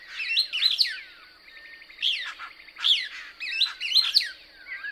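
Couch's Kingbird calls: quick chattering bursts of rising and falling notes, a rapid rattling run, and a steady shrill hum throughout.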